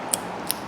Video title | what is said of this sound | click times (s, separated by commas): 2008-2013 Toyota Highlander Front & Rear Brakes | like that and you'll see it pops right into place just where it's supposed to | 0.1 s, 0.5 s